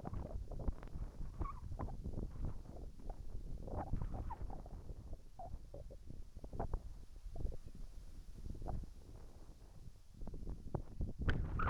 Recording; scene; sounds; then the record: everyday scene through a hearing-aid microphone; wind on the microphone; wind, whistling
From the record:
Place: in front of a rural house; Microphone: behind the ear, right, rear